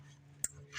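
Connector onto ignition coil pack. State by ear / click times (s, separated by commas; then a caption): seated / 0.4 s. A plastic connector with a small locking tip is pushed back onto an ignition coil pack on a Ford Raptor SVT. A single sharp click sounds at 0.4 s over a low steady hum, followed by a soft rustle near the end. The connector is seated.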